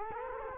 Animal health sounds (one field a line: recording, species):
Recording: mosquito wingbeat signal from an infrared sensor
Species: Culex quinquefasciatus